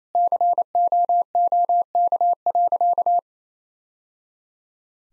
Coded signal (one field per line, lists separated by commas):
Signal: Morse code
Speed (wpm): 28 wpm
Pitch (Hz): 700 Hz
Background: none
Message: COOK.